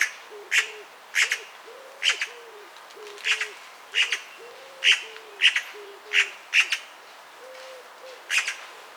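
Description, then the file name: Eurasian magpie giving harsh, rasping single and double chatter notes, repeated irregularly. "Pica pica"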